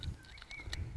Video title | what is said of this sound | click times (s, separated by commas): Doppelflügliges Gartentor einbauen - planeo Alumino - Universaltor 2-flügelig | Schiene zurück einführen, bis er wieder einrastet. Jetzt ist er wieder stabil. | 0.7 s